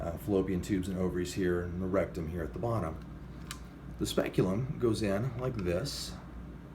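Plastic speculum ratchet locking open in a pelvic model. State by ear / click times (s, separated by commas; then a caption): not seated / none. A plastic vaginal speculum is handled at a pelvic model while someone talks, with a brief tick near 3.5 seconds. The speculum has not yet been opened, and its ratchet has not clicked or locked yet.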